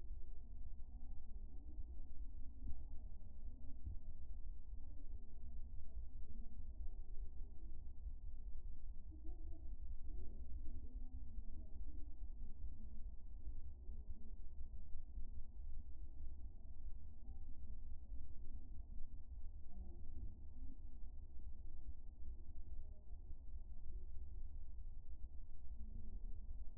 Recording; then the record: fetal heart sounds by stethoscope on the mother's abdomen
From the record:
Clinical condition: hypothyroid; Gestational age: 35 weeks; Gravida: 2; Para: 1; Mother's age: 21 years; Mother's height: 151 cm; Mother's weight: 71 kg